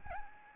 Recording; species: mosquito wingbeat signal from an infrared sensor; Aedes albopictus